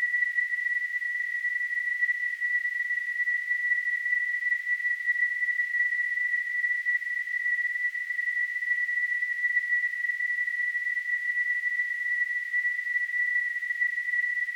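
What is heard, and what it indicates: Simulated tinnitus: a steady, continuous high-pitched tone near 2 kHz with faint hiss above it, unchanging in pitch and loudness throughout.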